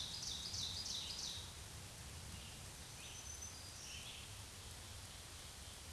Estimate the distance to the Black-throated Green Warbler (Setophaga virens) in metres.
about 40 m